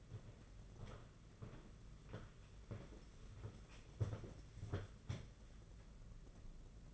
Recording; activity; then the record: daily activity, microphone in the room; walk to room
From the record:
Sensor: 4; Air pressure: 992.9 hPa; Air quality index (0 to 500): 176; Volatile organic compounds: 345 ppm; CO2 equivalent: 4574 ppm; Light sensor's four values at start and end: 4/10/4/4 and 4/10/4/4